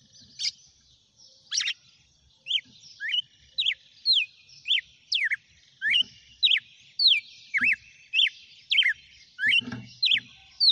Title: Canto Galo Campina Fêmea. GALO DE CAMPINA CANTANDO e BATENDO FOGO?